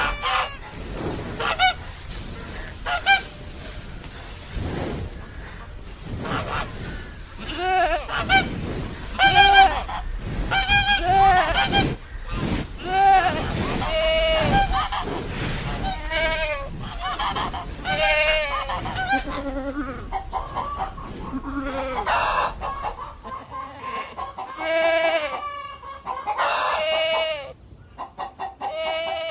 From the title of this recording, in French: A la ferme avec ses animaux